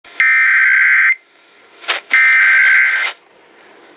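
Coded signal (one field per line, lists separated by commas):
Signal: Emergency Alert System (SAME) tones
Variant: header bursts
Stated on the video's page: Real recorded child abduction emergency alert.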